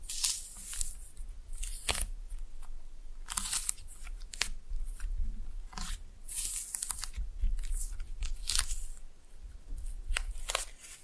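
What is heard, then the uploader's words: Slime being pressed and mixed, with wet, sticky crackles and pops coming in quick irregular bursts. Brighter squelching clusters land around two, three and a half, six and a half, and eight and a half seconds over a soft low rumble underneath. Slime No Talking (Pressing and Mixing).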